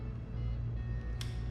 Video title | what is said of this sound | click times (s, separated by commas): Stressless Laptop Table (Installation & Tips) Personal Table / Computer Table | you hear that click so once we hear that click like | 1.2 s